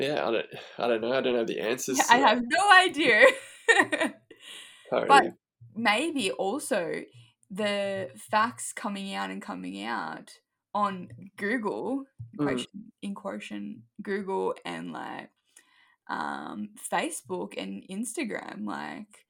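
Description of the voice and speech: Halting conversational speech from a young adult woman, with repeated phrases, long word-finding pauses and restarts, fitting mild aphasia after a left middle cerebral artery stroke that mainly affected the speech cortex of the left brain, causing receptive and expressive language difficulties.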